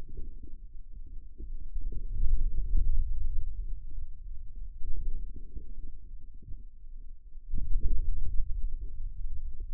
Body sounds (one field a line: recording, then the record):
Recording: forearm muscle sounds (acoustic myography)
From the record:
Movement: hand closing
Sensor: system 2, bracelet of six BSWA MPA416 microphones around the upper forearm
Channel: 5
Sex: male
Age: 22 years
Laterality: right